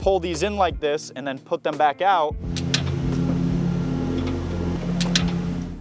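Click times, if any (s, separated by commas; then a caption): 2.8 s, 5.2 s. Someone talks for the first two seconds, then the internal parking brake of a Toro TimeCutter zero-turn mower engages and disengages on its own as the steering lap bars are pulled in and pushed back out with the key on. Two very slight, sharp clicks are heard at 2.8 s and 5.2 s over a steady low hum.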